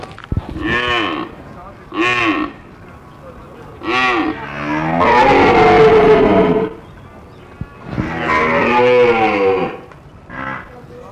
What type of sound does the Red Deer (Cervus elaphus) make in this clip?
call